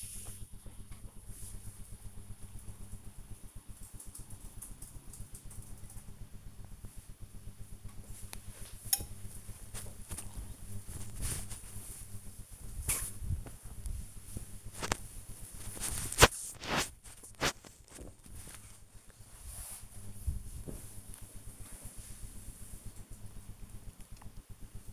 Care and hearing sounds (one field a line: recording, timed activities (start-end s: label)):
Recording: household activities, microphone on the right wrist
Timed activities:
7.36-21.42 s: folding laundry